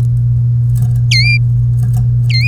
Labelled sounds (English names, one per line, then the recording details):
Domestic Canary song
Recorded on 3 May 2018 at 07:03
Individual llb3